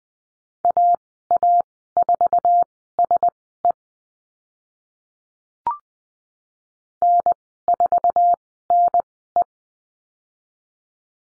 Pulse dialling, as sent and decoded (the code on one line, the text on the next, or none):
none